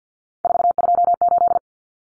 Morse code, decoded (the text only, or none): 428